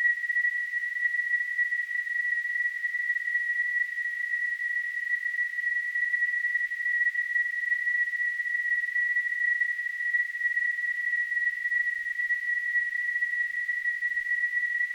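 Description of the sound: Simulated tinnitus: a steady, continuous narrow-band tone near 2 kHz, unchanging in pitch and loudness throughout.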